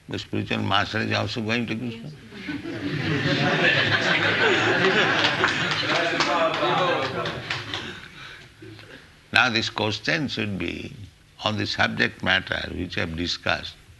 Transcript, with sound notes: because spiritual master is also going to Kṛṣṇa. [laughter] Now these questions should be on the subject matter which we have discussed.